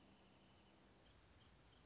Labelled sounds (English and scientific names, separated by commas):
Wrentit (Chamaea fasciata)